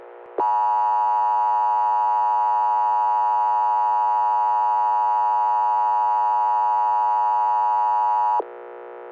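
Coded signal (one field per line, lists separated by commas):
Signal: Emergency Alert System (SAME) tones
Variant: 853 and 960 Hz attention tone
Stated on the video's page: Fictional EAS scenario of a tri-state weather disaster.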